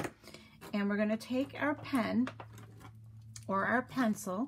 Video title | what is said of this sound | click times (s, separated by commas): Ed Emberley inspired art project | then what we're gonna do is we put our top back on nice and tight till we hear that click and we're | 0.3 s